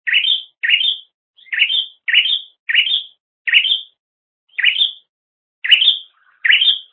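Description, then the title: Bird chirping: repeated sharp upslurred chirps at an uneven pace, with a few short gaps. "kikicau"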